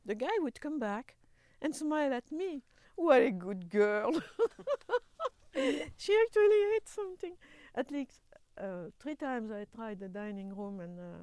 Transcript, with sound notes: The guy would come back and smile at me, "What a good girl!" [laughs] "She actually ate something." At least three times I tried the dining room and